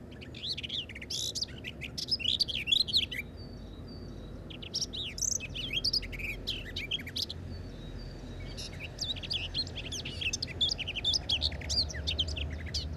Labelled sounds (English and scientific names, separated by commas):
Common Whitethroat (Sylvia communis) song